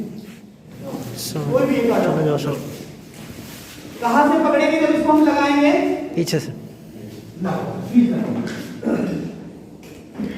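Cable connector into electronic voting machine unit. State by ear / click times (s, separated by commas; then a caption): not seated / none. An interconnecting cable connector is handled, held from the back, before being plugged into an electronic voting machine unit while someone talks. Nothing has seated or clicked yet. The clip ends just before the connector goes home.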